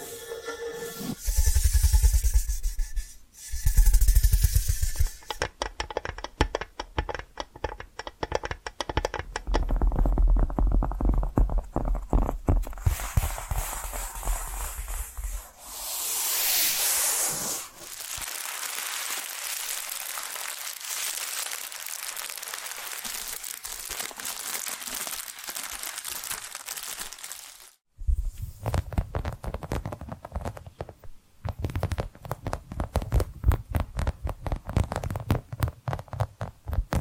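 Tapping and scratching sounds run throughout, shifting between dense scratchy passages and quick, irregular taps. A few heavy low thumps land early, around two to four seconds, and a steadier hiss-like scratch fills the middle before sharp, rapid tapping returns near the end.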